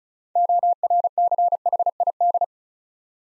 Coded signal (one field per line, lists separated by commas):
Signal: Morse code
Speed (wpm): 36 wpm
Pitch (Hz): 700 Hz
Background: none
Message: ORCHID